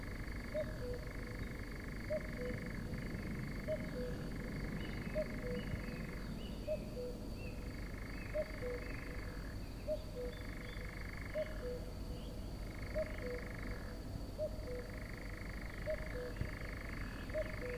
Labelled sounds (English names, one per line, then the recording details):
Eurasian Nightjar
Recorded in the wild
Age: adult
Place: Federaun, AT
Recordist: Brunner, Thomas